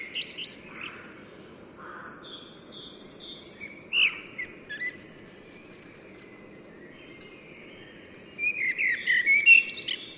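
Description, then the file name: Common blackbird producing fainter scattered whistles and a short twitter, then a fuller phrase of warbled notes and high squeaks near the end, over steady low hiss. "Turdus merula"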